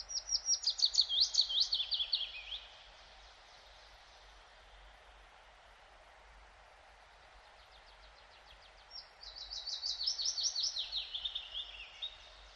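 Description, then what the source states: Willow Warbler delivers two songs separated by a quiet pause of about six seconds, each a liquid run of slurred whistled notes tumbling steadily down the scale. Nests in typical pine forest like this; also in dense energy poplar plantations, where it is practically the only bird, and drying bogs being colonised by birch.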